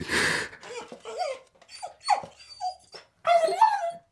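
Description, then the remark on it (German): An old dog named Chip lies down at someone's feet and whimpers in a string of short, high whines with brief pauses, the pitch wavering up and down, ending in a louder, drawn-out whine before it dies. No one speaks. “Er legt sich zu meinen Füßen nieder, wie zum Schlafen, winselt und ist tot.”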